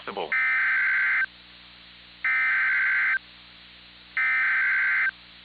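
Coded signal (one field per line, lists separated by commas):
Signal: Emergency Alert System (SAME) tones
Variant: header bursts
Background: speech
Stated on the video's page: Mock EAS scenario with valid SAME tones, not an actual broadcast alert.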